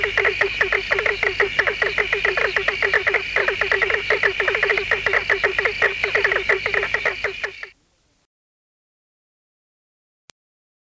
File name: Platyplectrum ornatum